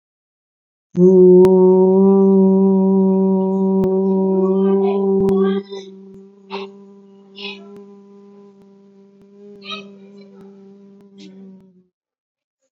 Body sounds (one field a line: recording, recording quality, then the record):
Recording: sustained vowel as in boot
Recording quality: excellent, no background noise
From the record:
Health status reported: recovered from COVID-19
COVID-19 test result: positive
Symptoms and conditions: muscle pain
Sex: male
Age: 42 years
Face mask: not worn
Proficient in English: yes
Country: India